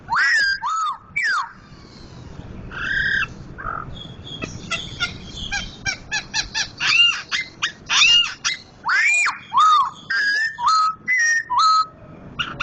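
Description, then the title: White-crested laughingthrush song with loud rising and falling whistles, bursts of harsh chatter, and a series of clear downslurred notes toward the end. Sumatran type; loud voice; national champion bird. "Poksay Hongkong gacor mantab (Gathutkaca)"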